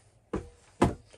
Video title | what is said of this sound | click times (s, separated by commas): AR 15 Lower Assembly Video Series Part 6 Buffer Spring Castle Nut Torque to Spec and Stock Installat | all right when you hear a click guys let's hit 40. | 0.3 s, 0.8 s